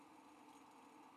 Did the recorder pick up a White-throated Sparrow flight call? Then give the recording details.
no. No flight call is heard. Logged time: 08:29 on 5 December 2014